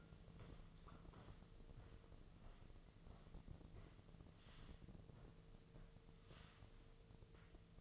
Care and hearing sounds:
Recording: daily activity, microphone in the room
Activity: walk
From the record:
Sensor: 4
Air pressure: 1006.3 hPa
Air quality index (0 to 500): 87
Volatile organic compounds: 2 ppm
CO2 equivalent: 1074 ppm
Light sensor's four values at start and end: 12/27/10/10 and 12/27/10/10

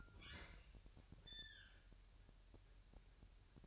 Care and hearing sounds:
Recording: daily activity, microphone in the room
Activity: open fridge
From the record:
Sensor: 2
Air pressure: 1001.8 hPa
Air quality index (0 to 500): 245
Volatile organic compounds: 34 ppm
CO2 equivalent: 3044 ppm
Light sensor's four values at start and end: 8/28/11/10 and 8/28/11/10

